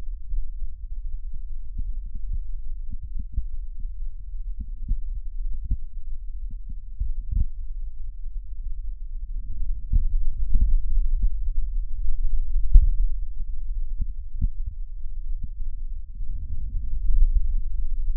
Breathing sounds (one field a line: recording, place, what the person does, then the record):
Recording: lung sounds by stethoscope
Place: left posterior basal chest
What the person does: quiet breathing, then deep breathing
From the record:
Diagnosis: interstitial lung disease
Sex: female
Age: 65 years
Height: 156 cm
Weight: 66.8 kg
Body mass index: 27.4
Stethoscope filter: bell mode